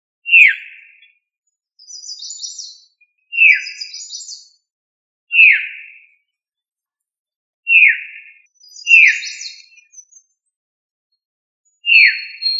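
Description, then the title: Thrush singing short, bright downward-slurred notes in an irregular series, mixed with thin, buzzy high twitters. "Familia Turdidae - Sabia"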